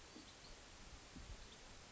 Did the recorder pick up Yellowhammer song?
no